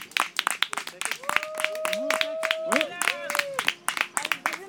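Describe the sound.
An audience applauds with steady, dense clapping that lasts throughout, welcoming the first person to come up and recite, while a voice lets out a long sustained cheer partway through and other voices call out over the applause.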